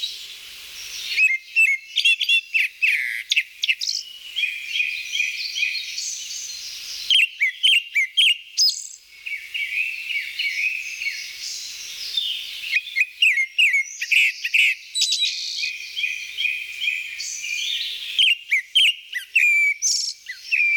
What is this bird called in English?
Grey-backed Thrush